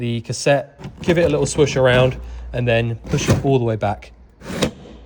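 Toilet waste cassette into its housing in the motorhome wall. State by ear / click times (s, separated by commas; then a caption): seated / 4.6 s. A motorhome toilet waste cassette, with blue fluid added and swished around, is pushed all the way back into its housing in the motorhome wall while someone talks. A sharp click at 4.6 s shows it has latched and is fitted properly, ready to use again.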